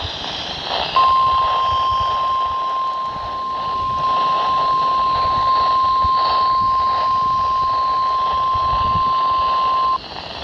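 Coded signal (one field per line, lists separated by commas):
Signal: Emergency Alert System (SAME) tones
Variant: 1050 Hz attention tone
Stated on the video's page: Weather radio alerts from Wakefield, Sterling and Mount Holly offices, including stations in Lewes, Delaware and Atlantic City, New Jersey.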